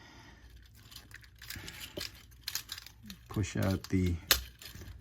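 Someone talks while handling the torso section of a plastic transforming action figure from the Transformers Kingdom Ultra Magnus line, which is being pushed outward toward its locked position. Rustling plastic taps and small knocks are heard, with the sharpest near 2.5 s, but the torso panel has not snapped into place yet.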